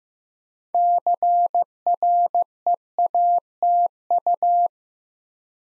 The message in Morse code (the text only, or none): CREATU